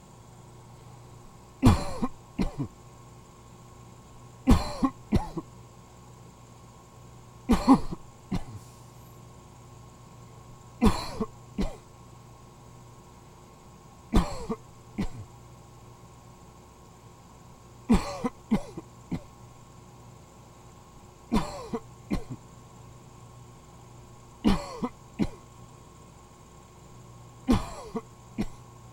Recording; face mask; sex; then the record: voluntary coughing; none; male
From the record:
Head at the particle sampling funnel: tilted down, bridge of the nose in front of it